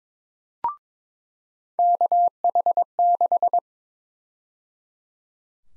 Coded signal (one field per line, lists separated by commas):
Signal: Morse code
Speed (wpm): 22 wpm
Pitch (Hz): 700 Hz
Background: none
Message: KH6